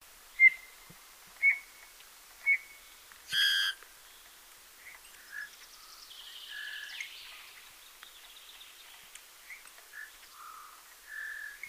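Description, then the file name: Eurasian bullfinch soft whistled calls, three short piping notes about a second apart, followed by a brief loud harmonic call and more soft notes. "Pyrrhula pyrrhula"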